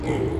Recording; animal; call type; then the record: contact call of a hoofed animal; pig; closed-mouth grunt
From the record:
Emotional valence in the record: negative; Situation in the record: short social isolation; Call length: 0.40 s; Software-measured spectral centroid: 1500 Hz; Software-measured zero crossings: 910 a second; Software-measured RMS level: -24 dBFS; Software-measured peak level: -11 dBFS